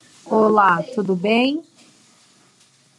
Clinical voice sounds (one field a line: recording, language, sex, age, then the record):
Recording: short text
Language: Brazilian Portuguese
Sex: female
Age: 30 to 39 years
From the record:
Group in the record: control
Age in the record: 35 years